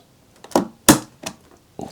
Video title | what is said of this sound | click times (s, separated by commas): Ultra High-End Creator Build: Populating the Motherboard, part 6 | two snaps there we go | 0.6 s, 0.9 s